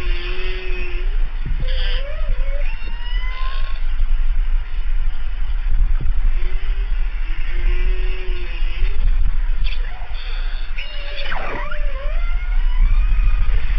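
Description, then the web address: Orca calls, whistled tonal notes rising and falling with sweeping upswept squeals, over a heavy constant low rumble. "lambert chick Sound Files 1 orca"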